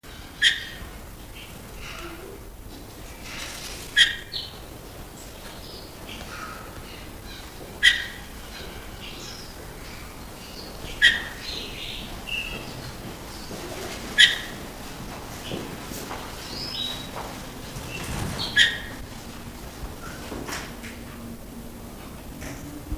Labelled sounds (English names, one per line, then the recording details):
Asian Glossy Starling call
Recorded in captivity
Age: adult
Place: Zoo Berlin, Berlin, DE
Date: 2001-03-20 13:05
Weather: fair - cloudy, 0 - 2°C
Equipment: Nagra SN, Kopie Uher 4000 Report Monitor
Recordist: Tembrock, Günter